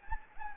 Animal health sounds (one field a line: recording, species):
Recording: mosquito wingbeat signal from an infrared sensor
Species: Anopheles gambiae